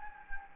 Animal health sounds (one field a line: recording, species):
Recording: mosquito wingbeat signal from an infrared sensor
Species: Anopheles gambiae